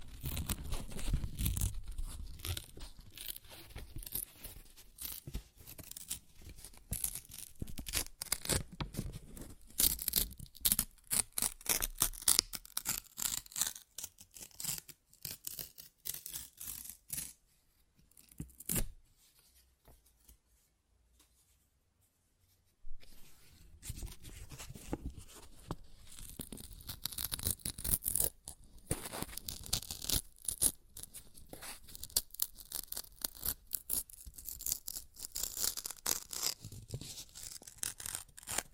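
Paper is ripped and torn in dense bursts of dry, crackling tears, each made of rapid scratchy fibres splitting across bright and low tones. The tearing runs busily for about seventeen seconds, falls silent from roughly 18 to 23 seconds, then resumes with steady ripping to the end.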